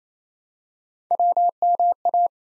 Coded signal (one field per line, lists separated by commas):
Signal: Morse code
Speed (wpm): 28 wpm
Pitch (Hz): 700 Hz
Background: none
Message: WMA